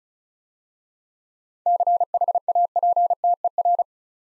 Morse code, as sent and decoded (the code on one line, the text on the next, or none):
-.-. .... .- .--. - . .-.
CHAPTER